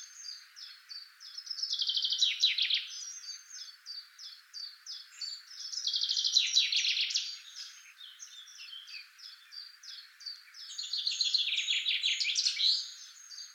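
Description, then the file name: Common chaffinch giving three full songs roughly every four to five seconds, each a falling cascade of rapid notes closing with a flourish, with soft high chirps between. "Fringilla coelebs"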